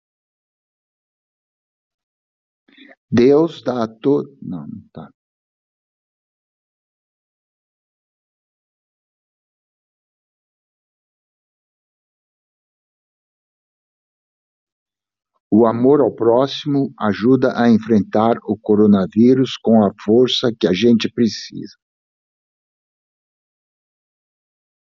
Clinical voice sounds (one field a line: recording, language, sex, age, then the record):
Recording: spoken sentence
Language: Brazilian Portuguese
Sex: male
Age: 60 to 69 years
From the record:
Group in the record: control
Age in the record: 63 years